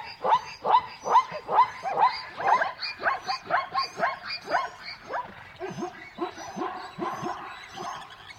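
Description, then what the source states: Savannah dog barking in a rapid yapping series, about two barks a second, growing slightly softer toward the end, with high chirps throughout. In a savannah soundscape.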